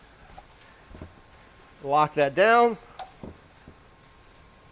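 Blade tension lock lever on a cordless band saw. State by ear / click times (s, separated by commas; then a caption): not seated / none. Someone talks while handling the blade tension lock lever on a FLEX 24-volt brushless cordless band saw, with the blade fitted into the guides and the lever about to be pushed down to tension it. A few faint, short knocks follow the speech. The lever has not locked and nothing has seated yet.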